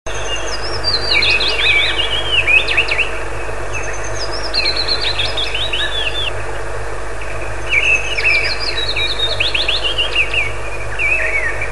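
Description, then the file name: Willow warbler singing three gentle descending phrases, each a run of clear, slurred notes falling to a lower ending, then the start of a fourth, with a constant low droning hum behind. "penochka vesnichka"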